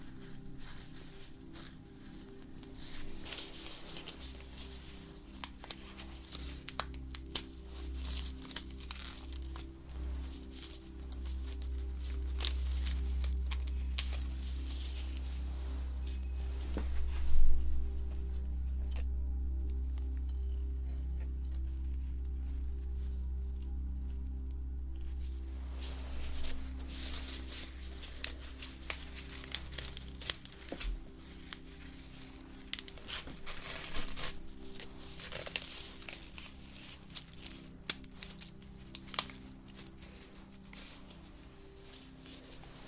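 Soft face-touching and crinkly rustles come in bursts over a steady low hum, with a quieter, smoother stretch in the middle.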